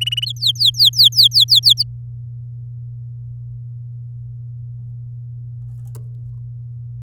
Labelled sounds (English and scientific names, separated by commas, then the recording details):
Domestic Canary (Serinus canaria) song
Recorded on 11 May 2018 at 08:50
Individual llb16